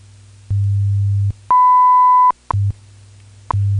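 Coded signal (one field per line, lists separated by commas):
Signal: radio time signal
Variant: WWV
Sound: low hum, a clear 0.8-second high beep, then soft ticks once a second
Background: low hum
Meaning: The long 1 kHz tone marks the start of the minute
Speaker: at the tone 19 hours 10 minutes coordinated universal time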